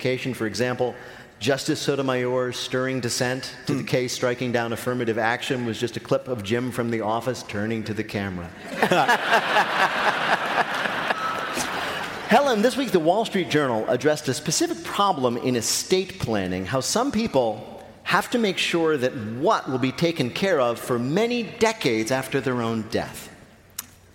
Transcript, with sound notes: For example, Justice Sotomayor's stirring dissent to the case striking down affirmative action was just a clip of Jim from "The Office" turning to the camera.
(LAUGHTER)
Helen, this week The Wall Street Journal addressed a specific problem in estate planning - how some people have to make sure that what will be taken care of for many decades after their own death?